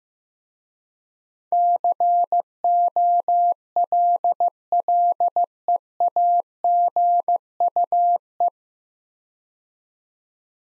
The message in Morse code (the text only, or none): COLLEAGUE